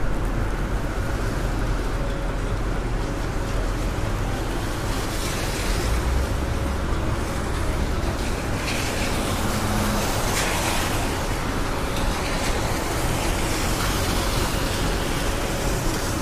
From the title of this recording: Raining Day In New York